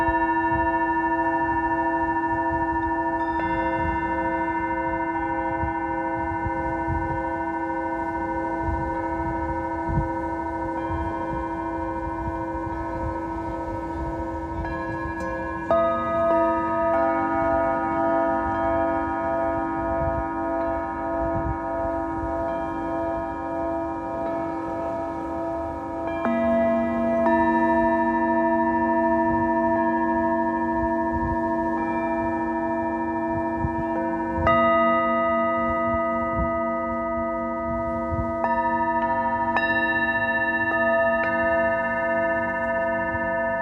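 Singing bowls ring in long, sustained tones that overlap and shimmer, with new strikes adding fresh layers around 16, 27, 35 and 39 seconds. The sound stays full and steady throughout, bright overtones hovering above a warm low hum, unhurried.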